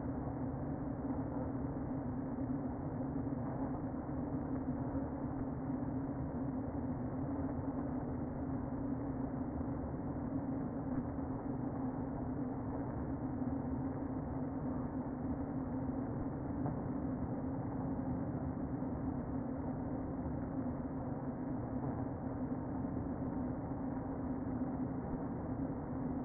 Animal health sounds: honeybee colony, microphone inside the hive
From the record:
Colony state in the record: queen present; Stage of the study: before two queens were removed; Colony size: about 60,000 bees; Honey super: yes

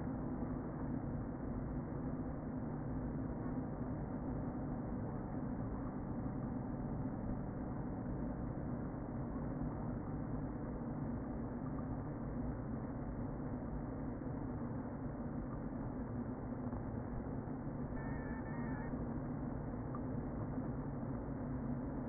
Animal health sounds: honeybee colony, microphone inside the hive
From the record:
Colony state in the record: queen present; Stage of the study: before two queens were removed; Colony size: about 60,000 bees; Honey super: yes

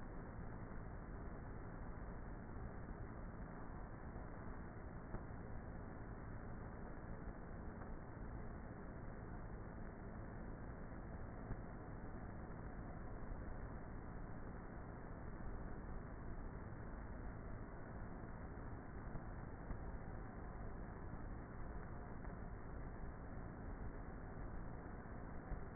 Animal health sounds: honeybee colony, microphone inside the hive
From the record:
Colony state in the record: queenless with a low population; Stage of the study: before two queens were removed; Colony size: about 30,000 bees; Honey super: no

